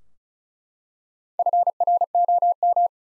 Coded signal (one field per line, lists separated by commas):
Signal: Morse code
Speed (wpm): 36 wpm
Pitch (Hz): 700 Hz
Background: none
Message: FROM